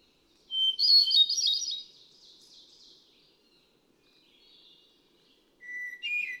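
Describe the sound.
Hermit thrush with a whistled opening note and rippling flute-like trill, fading softly, then a new lower phrase starting near the end.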